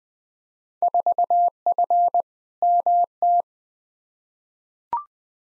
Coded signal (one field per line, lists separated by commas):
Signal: Morse code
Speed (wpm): 20 wpm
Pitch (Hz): 700 Hz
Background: none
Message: 4F MT